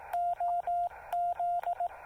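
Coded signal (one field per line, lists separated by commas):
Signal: Morse code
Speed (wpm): 19 wpm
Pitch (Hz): 700 Hz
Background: radio noise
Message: OZ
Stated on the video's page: SOTA summit activation using a Yaesu FT-817 at 2.5 watts QRP into a CHA MPAS Lite antenna.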